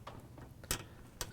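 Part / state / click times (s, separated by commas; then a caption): plastic wire harness clip closing around the harness on a washer motor / seated / 0.7 s, 1.2 s. A plastic wire harness clip on a washer motor is pressed together around the routed wiring harness until it locks. Two sharp ticks are heard at 0.7 s and 1.2 s, with fainter handling ticks before them. The clip snaps shut and is seated.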